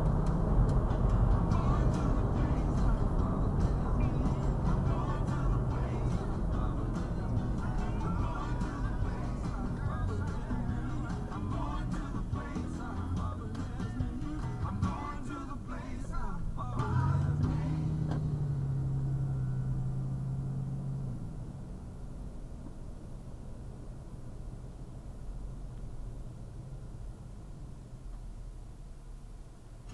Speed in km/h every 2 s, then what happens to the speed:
84, 79, 69, 58, 45, 32, 19, 19, 23, 24, 26, 26, 21, 13, 5.
0-12 brakes to 19. 12-23 steady at about 23. 23-30 brakes to 5.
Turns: 10-16.